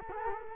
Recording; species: mosquito wingbeat signal from an infrared sensor; Culex quinquefasciatus